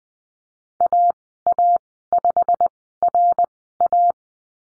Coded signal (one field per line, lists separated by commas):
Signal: Morse code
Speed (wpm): 19 wpm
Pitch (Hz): 700 Hz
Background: none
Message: AA5RA